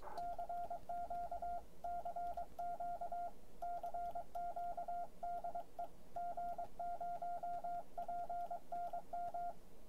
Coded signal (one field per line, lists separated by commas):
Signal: Morse code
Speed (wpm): 22 wpm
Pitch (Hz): 700 Hz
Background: none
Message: CQ CQ CQ DE G0PNM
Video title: G0PNM's Keys #17 The Begali Magnetic Classic